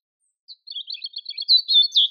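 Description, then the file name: European robin song phrase: a quick run of thin, high twittering notes that grows louder and ends in a stronger warbled flourish, with a quiet background. "Erithacus rubecula"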